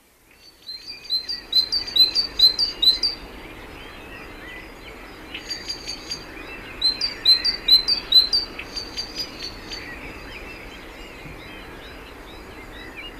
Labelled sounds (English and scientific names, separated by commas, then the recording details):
Great Tit (Parus major) song
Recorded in the wild
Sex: male
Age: adult
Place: Garmisch-Partenkirchen, Bayern, DE
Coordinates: 47.4914, 11.0694
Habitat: urban area
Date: 1964-03-30
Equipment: Vollspur
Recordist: Tretzel, Erwin